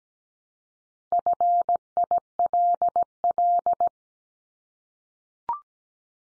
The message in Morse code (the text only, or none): FILL